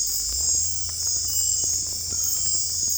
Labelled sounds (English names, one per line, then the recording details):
none
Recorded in secondary vegetation near Puerto Asís, Putumayo, Colombia, on 20 December 2024 at 21:00
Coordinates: 0.481, -76.318
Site G042